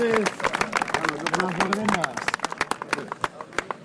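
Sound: general applause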